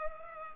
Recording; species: mosquito wingbeat signal from an infrared sensor; Culex pipiens